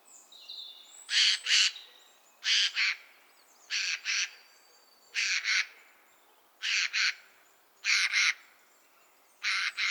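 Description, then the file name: Eurasian jay calling in rasping double screeches, the harsh pairs repeated several times throughout. "Garrulus glandarius"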